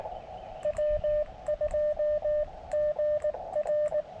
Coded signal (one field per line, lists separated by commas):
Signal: Morse code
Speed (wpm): 18 wpm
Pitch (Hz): 590 Hz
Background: music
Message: W2GR